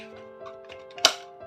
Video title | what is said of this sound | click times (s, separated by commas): 5 நிமிடத்தில் எளிய முறையில் கடிகாரம் சரி செய்யும் முறை/ How to repair dead condition wall Clock | lock ஆகிடும். | 1.0 s